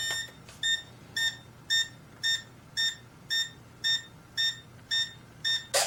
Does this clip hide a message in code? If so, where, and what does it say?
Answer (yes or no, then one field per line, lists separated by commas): no